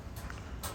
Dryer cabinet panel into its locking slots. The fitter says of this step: just hit it with your open palm and make sure it's straight and locked into place.